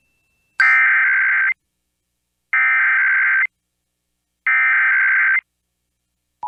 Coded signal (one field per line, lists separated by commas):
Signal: Emergency Alert System (SAME) tones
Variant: header bursts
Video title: EAS 2x Required Monthly Test Nebraska and Missouri Statewide Tests (KNCY/KXCV) +WeatherSTAR4000